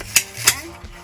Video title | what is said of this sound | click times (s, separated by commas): California School Bus Pre-Trip Revised 2025 -Transit Style Bus | So I'm making sure that it locks into place | 0.2 s, 0.5 s